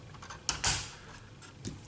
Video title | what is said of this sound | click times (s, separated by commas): Zblex French Reviews : MP-22 Ultra Magnus "Update" | Voilà, c'est clipsé ici. | 0.5 s